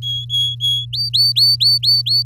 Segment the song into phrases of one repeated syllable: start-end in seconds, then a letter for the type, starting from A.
0.02-0.85 A, 0.93-2.23 B